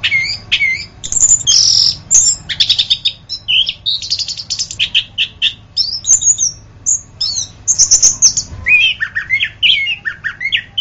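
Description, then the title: Orange-headed thrush singing a continuous, varied medley of sharp chirps, buzzy trills and rising and falling whistles, delivered in quick bursts over a faint low background hum. "anis kembang"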